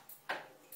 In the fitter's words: that's that don't forget the little safety clip that'll just clip down